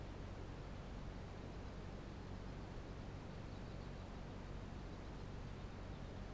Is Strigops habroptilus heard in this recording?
no